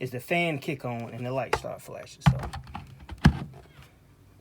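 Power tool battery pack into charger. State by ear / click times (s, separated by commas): seated / 3.2 s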